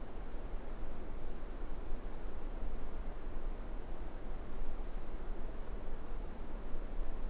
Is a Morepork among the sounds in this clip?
no